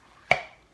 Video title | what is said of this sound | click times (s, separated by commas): Hang with Me — Making Pasta & Opening Disney Doorables | Oh, I heard that click. That means it's open. | 0.3 s